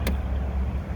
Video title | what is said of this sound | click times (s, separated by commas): How to Drive & Operate a Manual Can Am Spyder - First time Riders | just put it down not much force you hear a click | 0.1 s